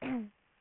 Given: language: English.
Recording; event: throat vibration sensor signal played as sound; throat clearing